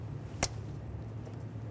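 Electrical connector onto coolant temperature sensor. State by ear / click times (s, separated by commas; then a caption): seated / 0.4 s. An electrical connector is pushed onto the new coolant temperature sensor of a 2012-2018 Nissan Altima 2.5L with its locking tab aligned. A single sharp, bright click is heard at 0.4 s over a steady low hum, and the connector is seated and ready to be tug-tested.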